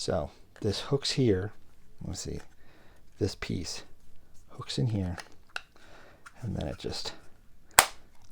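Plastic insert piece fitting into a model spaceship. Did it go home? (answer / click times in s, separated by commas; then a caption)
yes / 7.8 s. Someone talks while hooking a plastic insert piece into a Haslab Razor Crest model spaceship and pushing it home. A sharp snap at 7.8 s marks the piece locking in place.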